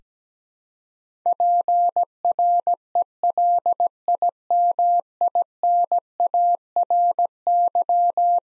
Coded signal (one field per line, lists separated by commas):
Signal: Morse code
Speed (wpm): 17 wpm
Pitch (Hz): 700 Hz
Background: none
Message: PRELIMINARY